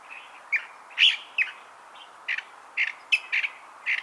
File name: Toxostoma redivivum - California Thrasher